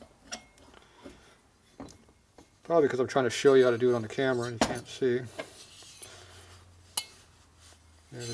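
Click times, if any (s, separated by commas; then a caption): 7.0 s. Someone talks while pressing a steel valve keeper toward the radius keeper groove on a valve stem, during a 1977 Harley XLCR thunder heads rebuild (XL 1000cc Sportster ironhead, aluminum, Tatro Machine), after it first failed to pop in while being shown to the camera. The keeper snaps into the groove with a sharp metallic hit at 7.0 s, seating in place.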